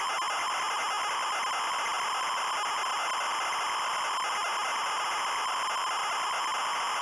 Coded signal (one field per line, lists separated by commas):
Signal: ZX Spectrum tape loading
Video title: Rakitic ya es del Barcelona (ZX Spectrum) - Loading screen